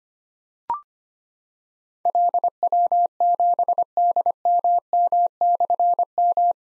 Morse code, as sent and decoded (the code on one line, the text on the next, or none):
.-.. .-- --... -.. -- -- -..-. --
LW7DMM/M